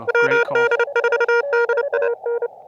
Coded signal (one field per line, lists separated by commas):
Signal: Morse code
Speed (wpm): 30 wpm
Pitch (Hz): 470 Hz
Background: music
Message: WD4DAN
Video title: CW Paddle Giveaway | Back at 1st SOTA